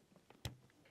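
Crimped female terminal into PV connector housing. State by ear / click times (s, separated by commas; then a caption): seated / 0.4 s. A plastic male PV connector housing is pushed over a crimped metal female terminal until it clicks into place. A faint tick comes at 0.3 s, then one sharp, loud click at 0.5 s with a brief low thud, followed by a softer tick at 0.7 s. The housing is seated on the terminal.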